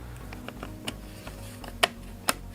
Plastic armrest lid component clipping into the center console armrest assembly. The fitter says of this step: everything locks in place.